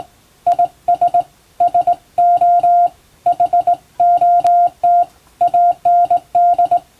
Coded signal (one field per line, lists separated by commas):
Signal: Morse code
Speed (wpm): 20 wpm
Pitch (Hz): 700 Hz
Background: none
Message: IS SO HOT AND